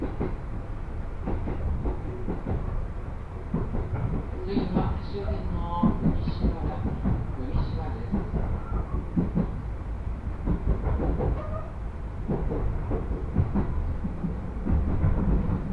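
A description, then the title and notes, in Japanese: A train ride on local lines: a steady low rumble and clatter throughout, with a few high squeals around five to eight seconds and faint voices. 耳で楽しむ鉄道旅 南武線・南武支線・鶴見線。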